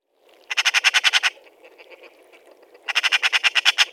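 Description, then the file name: Eurasian magpie chatter: two loud, harsh rattles of about eight to ten rapid notes each, with a brief quieter pause between them. "Pica pica"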